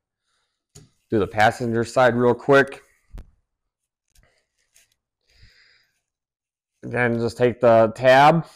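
A plastic locking tab on a wiper blade is closed over the hook of the wiper arm on a Nissan Rogue, snapping shut with a sharp click at 0.8 s. Someone talks, then a few faint small taps follow in a quiet pause before the talking resumes. The tab is seated.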